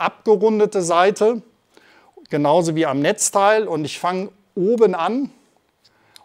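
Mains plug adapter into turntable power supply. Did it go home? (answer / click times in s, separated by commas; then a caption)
yes / 6.2 s. Someone talks while fitting the interchangeable mains plug insert, whose rounded side matches the power supply, onto a Thorens turntable's power supply, starting at the top and pressing it on. A sharp click at 6.2 s marks the insert seating firmly so there is real contact.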